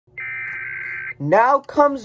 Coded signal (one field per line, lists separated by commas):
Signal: Emergency Alert System (SAME) tones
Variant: header bursts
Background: speech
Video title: EAS 1301: Georgia Amber Alert